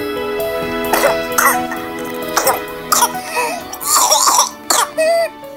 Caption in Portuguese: Esse é o som da Coqueluche, também conhecida como tosse convulsa. A Coqueluche, que significa literalmente tosse violenta, pode durar de semanas a meses. Ela começa semelhante a um resfriado comum antes de se transformar em tosse com um som característico de guincho.